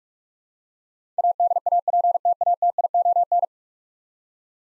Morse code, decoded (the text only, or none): ADAPTATION